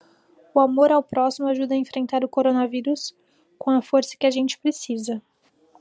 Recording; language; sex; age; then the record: spoken sentence; Brazilian Portuguese; female; 20 to 29 years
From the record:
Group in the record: control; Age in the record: 25 years